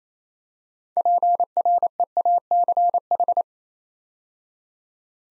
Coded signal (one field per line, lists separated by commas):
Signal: Morse code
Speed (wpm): 27 wpm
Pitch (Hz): 700 Hz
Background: none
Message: PREACH